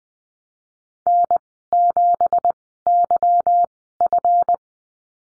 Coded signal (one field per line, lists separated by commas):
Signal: Morse code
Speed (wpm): 20 wpm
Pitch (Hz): 700 Hz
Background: none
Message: N7YF